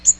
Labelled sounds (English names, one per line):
Magnolia Warbler flight call